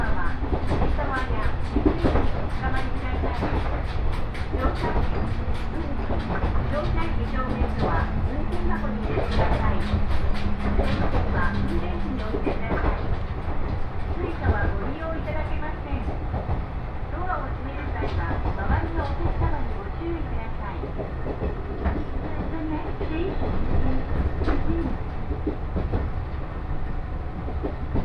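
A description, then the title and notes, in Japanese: A ride aboard a train on the Tohoku and Kitakami lines, with a steady low rumble of the carriage running throughout. Voices chatter on and off in the first half, and a sustained tone hums for several seconds around the middle. 耳で楽しむ鉄道旅 東北本線・北上線 花巻→北上→和賀仙人。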